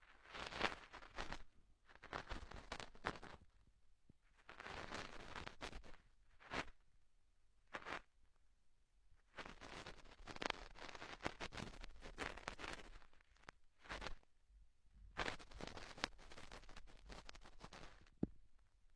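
A cotton swab rubs and scrapes against the ear in short bursts of crackly friction, each lasting a second or two with brief silent gaps between. The strokes are bright and rustling, irregular in pace, with a few sharper clicks near the start.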